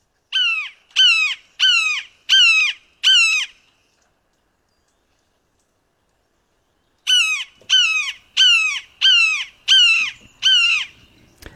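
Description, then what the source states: Red-shouldered Hawk calling, a run of five loud, clipped, slightly descending kee-ah notes about three every two seconds, a pause, then six more in the same steady rhythm. Woodland hawk, migratory; usually heard from about April into October or sometimes November.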